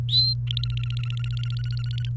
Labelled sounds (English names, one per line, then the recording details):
Domestic Canary song
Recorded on 29 April 2018 at 12:27
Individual llb3